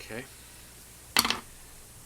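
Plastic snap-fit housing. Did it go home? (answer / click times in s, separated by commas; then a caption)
released / 1.2 s, 1.3 s. Someone talks briefly, then the snap-fit tabs on the two-half plastic circuit-board housing of a water vaporizer are pried apart to pull the halves open. Sharp snaps sound at 1.2 s and 1.3 s as the plastic housing tabs release.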